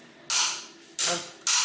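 A torque wrench set to 200 Nm tightens the drive shaft/hub nut, giving sharp, ratchet-like broadband bursts. The wrench clicks at 0.3 s and again at 1.5 s, confirming the 200 Nm setting is reached.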